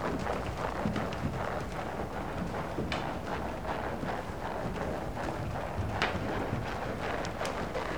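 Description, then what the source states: Horse working indoors, a continuous muffled rustle of hooves with occasional sharper clicks. One horse working in an indoor school.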